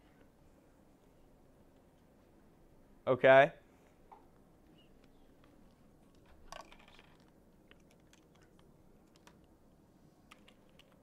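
A patient smartcard, a small plastic card or cap, is handled as it is fitted onto a handheld pupillometer. Someone talks briefly near 3 s, then faint taps and handling noises come around 6.5–7.7 s and again near 10.3 s over a quiet background. Nothing has seated or clicked yet.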